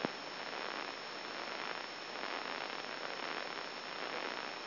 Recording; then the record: brain microelectrode recording played as sound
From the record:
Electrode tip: inside the subthalamic nucleus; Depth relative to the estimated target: -2.5 mm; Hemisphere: left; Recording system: AlphaMap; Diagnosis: Parkinson's disease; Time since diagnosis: 14 years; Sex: male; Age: 66 years